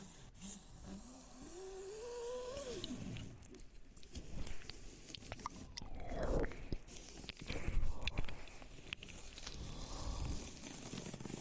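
Dry mouth noises: a hummed or whined tone rises steadily over the first three seconds, then gives way to wet clicks, smacks and scraping sounds. Around six seconds a squeaky sliding sound swoops down, and irregular clicks and breathy hiss continue to the end.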